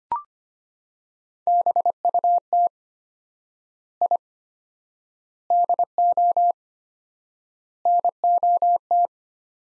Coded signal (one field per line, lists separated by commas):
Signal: Morse code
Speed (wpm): 25 wpm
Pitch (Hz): 700 Hz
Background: none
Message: BUT I DO NOT